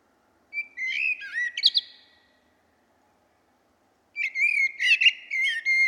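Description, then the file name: Common blackbird song: a mellow whistled warble ending in high squeaky notes, then a long pause before a second warbling phrase begins. "Turdus merula"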